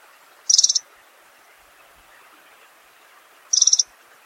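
Pink-rumped rosefinch calls, two short high trilled notes about three seconds apart, each a quick series of sharp pulses over faint steady background hiss.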